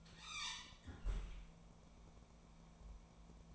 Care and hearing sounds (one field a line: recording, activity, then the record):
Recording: daily activity, microphone in the room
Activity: close fridge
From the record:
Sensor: 1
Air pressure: 1000.0 hPa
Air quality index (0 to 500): 135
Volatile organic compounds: 2 ppm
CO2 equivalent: 1272 ppm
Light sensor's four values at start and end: 37/94/39/48 and 37/93/39/48